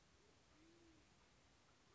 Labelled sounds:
Band-tailed Pigeon (Patagioenas fasciata)
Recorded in Sonoma County, California

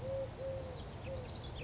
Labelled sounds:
Eurasian Collared Dove (Streptopelia decaocto)
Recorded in Sonoma County, California

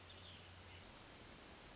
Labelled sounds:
Hermit Thrush (Catharus guttatus)
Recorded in Sonoma County, California

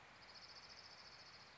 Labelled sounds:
Orange-crowned Warbler (Leiothlypis celata)
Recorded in Sonoma County, California

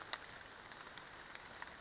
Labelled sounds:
Western Flycatcher (Empidonax difficilis)
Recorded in Sonoma County, California

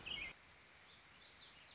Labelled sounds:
Warbling Vireo (Vireo gilvus)
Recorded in Sonoma County, California

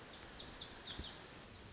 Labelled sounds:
Lazuli Bunting (Passerina amoena)
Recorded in Sonoma County, California

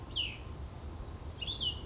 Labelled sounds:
Cassin's Vireo (Vireo cassinii)
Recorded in Sonoma County, California

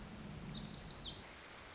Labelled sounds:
Pacific Wren (Troglodytes pacificus)
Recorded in Sonoma County, California

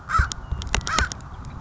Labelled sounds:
American Crow (Corvus brachyrhynchos)
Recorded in Sonoma County, California

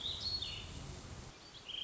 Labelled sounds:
Warbling Vireo (Vireo gilvus)
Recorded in Sonoma County, California

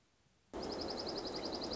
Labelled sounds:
Dark-eyed Junco (Junco hyemalis)
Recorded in Sonoma County, California

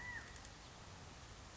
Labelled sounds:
California Quail (Callipepla californica)
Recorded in Sonoma County, California

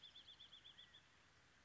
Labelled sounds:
California Quail (Callipepla californica)
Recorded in Sonoma County, California

